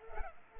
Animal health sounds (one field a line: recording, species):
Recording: mosquito wingbeat signal from an infrared sensor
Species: Culex pipiens